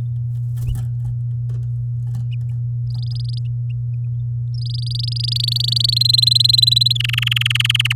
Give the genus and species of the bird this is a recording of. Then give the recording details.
Serinus canaria. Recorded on 8 May 2018 at 13:23. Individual llb16